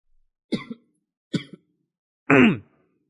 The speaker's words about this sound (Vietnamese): Lát nghe xong tự nhiên sáng thì giờ Lát ho quá, không biết có F1 không nữa, lộn F0 chứ.